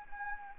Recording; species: mosquito wingbeat signal from an infrared sensor; Anopheles arabiensis